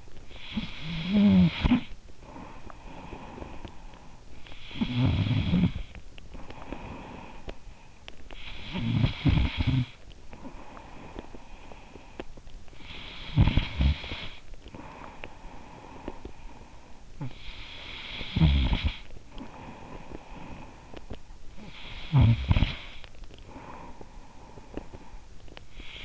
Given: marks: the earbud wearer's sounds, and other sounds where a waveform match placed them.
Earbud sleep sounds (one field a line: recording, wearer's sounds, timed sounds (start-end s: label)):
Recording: sounds in sleep by an in-ear microphone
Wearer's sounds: snoring breath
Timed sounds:
0.00-12.35 s: snoring breath
12.89-17.03 s: snoring breath
17.03-26.04 s: snoring breath